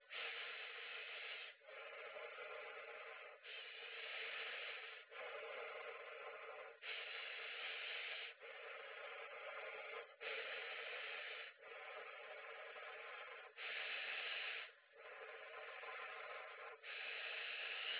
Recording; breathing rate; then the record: paced breathing near a phone; 18 breaths a minute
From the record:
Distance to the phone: 20 cm